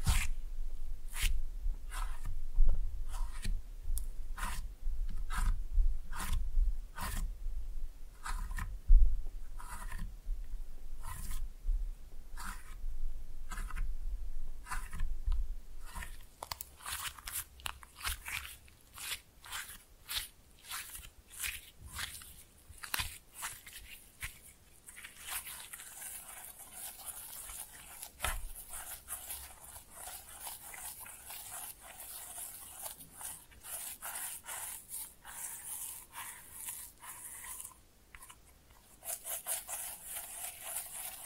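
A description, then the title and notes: Slime being pressed and mixed, with wet, sticky squelches and pops coming in quick, irregular bursts. The first fifteen seconds carry heavier, lower presses; afterward the sounds turn lighter and crackly, and from about 25 seconds a bright, hissing stretch runs underneath. Slime No Talking (Pressing and Mixing).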